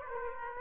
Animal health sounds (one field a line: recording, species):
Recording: mosquito wingbeat signal from an infrared sensor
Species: Aedes aegypti